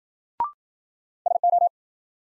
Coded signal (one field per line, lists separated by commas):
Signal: Morse code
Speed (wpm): 55 wpm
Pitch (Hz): 700 Hz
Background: none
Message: SO